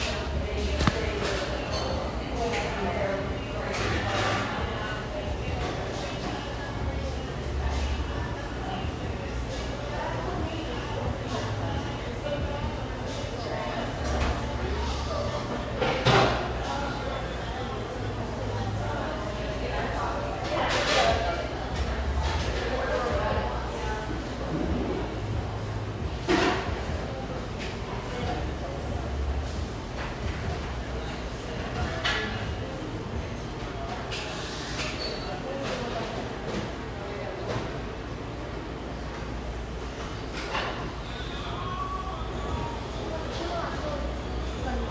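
Bustling café background noise: a steady murmur of overlapping voices with a low rumble underneath. Brief clinks and knocks break through now and then, sharper around 16, 21 and 26 seconds, while the overall level stays even throughout.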